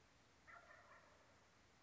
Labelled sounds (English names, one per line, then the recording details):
Wild Turkey
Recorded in Sonoma County, California